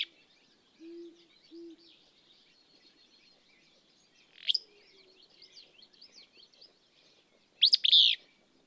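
Willow flycatcher sings one sneezy, buzzy phrase near the end, earlier a sharp call note; faint high chattering from other birds and two soft low tonal notes beneath.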